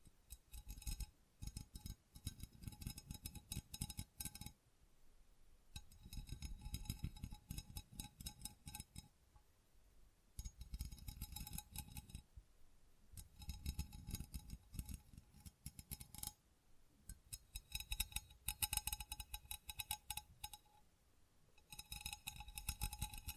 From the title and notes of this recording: ASMR Tingly Textures Tapping and Scratching No Talking.